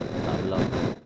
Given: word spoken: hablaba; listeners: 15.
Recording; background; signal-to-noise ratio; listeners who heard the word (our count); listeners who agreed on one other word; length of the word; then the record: one Spanish word in noise, from a listening test; noise modulated by three-talker babble; -6.3 dB; 0 of 15; 6 of 15; 0.66 s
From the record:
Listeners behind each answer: 6, 4, 1, 1, 1, 1, 1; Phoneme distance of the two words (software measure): 17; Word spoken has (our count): 3 syllables, 6 phonemes, stress on syllable 2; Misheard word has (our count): 2 syllables, 5 phonemes, stress on syllable 2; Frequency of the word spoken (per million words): 48.21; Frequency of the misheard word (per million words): 197.47